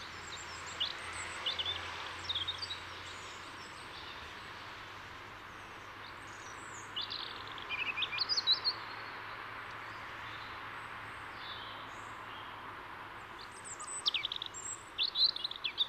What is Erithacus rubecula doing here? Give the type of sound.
song